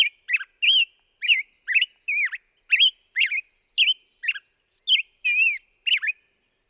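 Black-headed grosbeak warbling song of varied whistled notes, rolling up and down in pitch, continuing steadily through the whole stretch.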